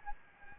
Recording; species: mosquito wingbeat signal from an infrared sensor; Anopheles gambiae